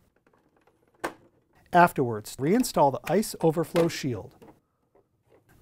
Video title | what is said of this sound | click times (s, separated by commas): How To: GE Ice Dispenser Bucket Auger WR17X11705 | reinstall the front cover assembly making sure that the tube mounting tabs click into place afterwards | 1.1 s